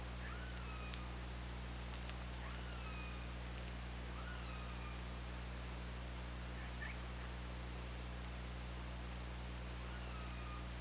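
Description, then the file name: Orca calls: a series of falling and curving tonal calls with bright harmonics, every few seconds, over steady hiss and a low droning hum. Hydrophone, 24 August 2017, 22:15. "Orca Lab"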